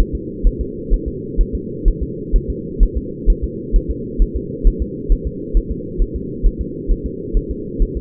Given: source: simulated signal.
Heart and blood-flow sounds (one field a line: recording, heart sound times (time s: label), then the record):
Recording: fetal heart sounds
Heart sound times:
0.00 s: S1
0.15 s: S2
0.47 s: S1
0.61 s: S2
0.94 s: S1
1.08 s: S2
1.41 s: S1
1.55 s: S2
1.88 s: S1
2.03 s: S2
2.36 s: S1
2.50 s: S2
2.83 s: S1
2.97 s: S2
3.30 s: S1
3.44 s: S2
3.76 s: S1
3.91 s: S2
4.22 s: S1
4.36 s: S2
4.67 s: S1
4.82 s: S2
5.12 s: S1
5.27 s: S2
5.57 s: S1
5.72 s: S2
6.02 s: S1
6.16 s: S2
6.46 s: S1
6.61 s: S2
6.91 s: S1
7.06 s: S2
7.37 s: S1
7.51 s: S2
7.82 s: S1
7.97 s: S2
From the record:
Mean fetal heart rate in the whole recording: 130 bpm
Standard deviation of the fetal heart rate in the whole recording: 2 bpm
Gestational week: 38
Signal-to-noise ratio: -4.1 dB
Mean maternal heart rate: no maternal heart sound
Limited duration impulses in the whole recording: absent